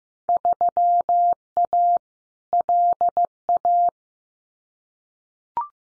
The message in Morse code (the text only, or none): 3A LA